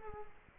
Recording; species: mosquito wingbeat signal from an infrared sensor; Aedes aegypti